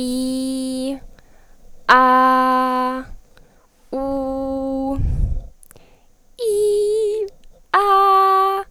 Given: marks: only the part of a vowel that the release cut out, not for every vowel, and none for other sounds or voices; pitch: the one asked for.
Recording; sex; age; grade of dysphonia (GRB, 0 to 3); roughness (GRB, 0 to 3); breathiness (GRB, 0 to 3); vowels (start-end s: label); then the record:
sustained vowels; female; 20 to 29 years; 0; 0; 0
0.00-0.85 s: vowel /i/, normal pitch
2.14-2.79 s: vowel /a/, normal pitch
4.07-4.90 s: vowel /u/, normal pitch
6.47-7.07 s: vowel /i/, high pitch
7.83-8.51 s: vowel /a/, high pitch
From the record:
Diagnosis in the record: healthy voice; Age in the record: 20 years